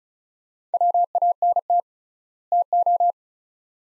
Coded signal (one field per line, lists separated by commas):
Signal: Morse code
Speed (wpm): 36 wpm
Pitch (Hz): 700 Hz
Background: none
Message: WANT TO